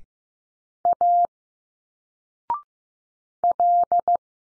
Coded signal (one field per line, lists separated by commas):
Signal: Morse code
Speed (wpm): 15 wpm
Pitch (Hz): 700 Hz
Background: none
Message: A L